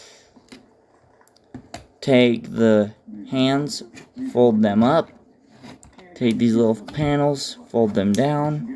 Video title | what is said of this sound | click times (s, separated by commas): transformers legacy laser optimus prime | You're gonna take the tanks, fold those down until you hear a click. | 1.7 s